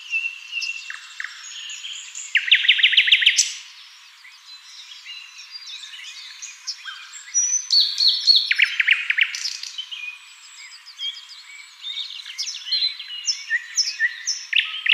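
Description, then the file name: Common nightingale song opening with whistles, then a loud, fast rattling trill, a quieter stretch, and more rapid repeated notes and sweet chirping phrases. "Luscinia megarhynchos"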